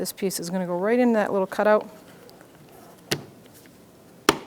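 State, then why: Seated. Someone talks as a plastic mirror trim cover is pressed into the small cutout at the mirror mount on the left side door of a 2003-2007 Honda Accord. Two sharp snaps follow at 3.1 s and 4.3 s, and the trim piece is seated in place.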